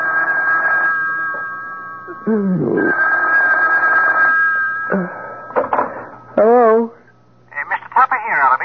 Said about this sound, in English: A couple of hours later, the phone rang.